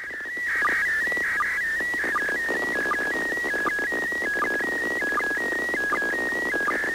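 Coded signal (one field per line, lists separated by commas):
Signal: SSTV (slow-scan television)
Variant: PD180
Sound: warbling tone shifting pitch with regular short low sync blips, over crackly static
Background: radio static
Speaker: You'll notice that the pattern of the tones are changing. In a minute, we'll see that that actually coincides with the video that's being sent.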